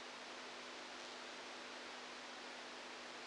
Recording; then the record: brain microelectrode recording played as sound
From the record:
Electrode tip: outside the subthalamic nucleus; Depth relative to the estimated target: -8 mm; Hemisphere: right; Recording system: NeuroSet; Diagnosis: Parkinson's disease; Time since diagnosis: 8 years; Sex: male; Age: 46 years